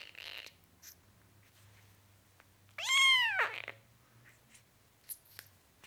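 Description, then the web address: Cat: kitten meowing: a single high, thin meow that rises then falls, with soft faint clicks and rustles around it. Four-week-old kitten, meowing. "The BBC Sound Effects Library - Complete 60 CDs Collection. Four Week Old Kitten, Meowing"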